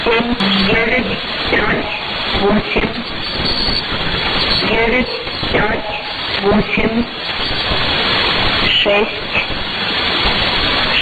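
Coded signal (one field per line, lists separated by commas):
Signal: numbers station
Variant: S06s, Russian female voice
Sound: female voice reading short Russian number groups through strong hiss and static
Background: radio static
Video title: 19 03 2019 S06s Russian Lady numbers station in Russian to Eu 0731 on 7425 unknown tx site USB+AM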